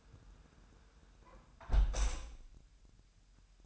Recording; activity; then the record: daily activity, microphone in the room; close window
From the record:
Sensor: 2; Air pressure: 999.7 hPa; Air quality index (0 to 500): 227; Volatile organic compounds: 58 ppm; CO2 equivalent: 3393 ppm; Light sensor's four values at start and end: 8/20/8/8 and 8/19/8/8